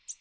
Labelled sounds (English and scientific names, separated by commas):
American Redstart (Setophaga ruticilla) flight call